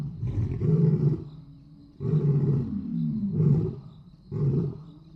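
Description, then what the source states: Lion giving a series of deep, forceful grunts, each a short booming burst. Roar.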